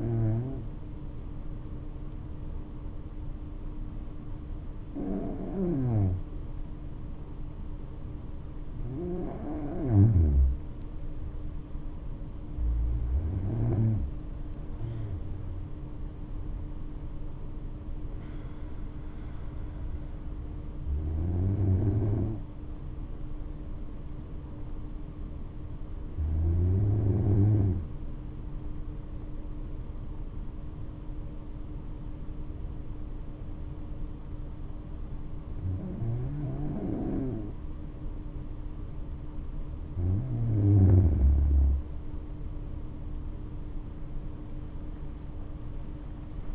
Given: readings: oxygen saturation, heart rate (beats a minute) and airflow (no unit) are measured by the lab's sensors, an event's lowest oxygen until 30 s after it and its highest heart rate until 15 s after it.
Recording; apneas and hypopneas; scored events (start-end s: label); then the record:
breathing in sleep by a smartphone at the bedside; 1
26.00-41.60 s: hypopnea (N2, oxygen 96% highest, then 92% lowest, heart rate 62 at the start, 83 highest)
From the record:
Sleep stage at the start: N2 (light sleep); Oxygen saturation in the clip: 93 to 96%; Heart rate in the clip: 61 to 73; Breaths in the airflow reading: 10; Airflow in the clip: -6.5 to 9.9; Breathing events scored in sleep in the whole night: 228 in 5.4 hours asleep